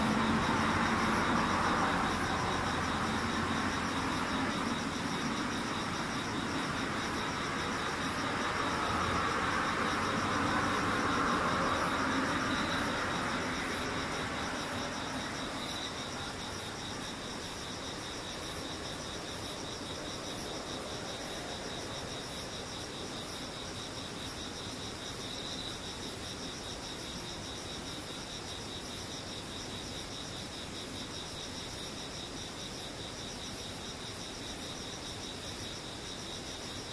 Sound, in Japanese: ムシ